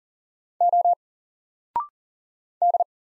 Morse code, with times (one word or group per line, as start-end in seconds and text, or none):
0.6-0.9 O
2.6-2.8 D